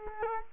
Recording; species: mosquito wingbeat signal from an infrared sensor; Culex quinquefasciatus